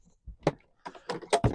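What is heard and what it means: Pressure is applied to a plastic trim panel in a Tesla Model Y/3 car interior to release its retaining clip. Sharp pops are heard at 0.5 s and 1.1 s, along with other short knocks and rustling, as the trim clip pops off and is released.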